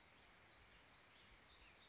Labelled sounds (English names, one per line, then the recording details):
Warbling Vireo
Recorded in Sonoma County, California